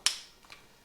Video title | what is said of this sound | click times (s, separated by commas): Cateye AMPP500 Bike Front Headlight Review - feat. USB Rechargeable + OptiCube Lens + Daytime Flash | then push it in you hear the nice click and then you have this release lever here. | 0.1 s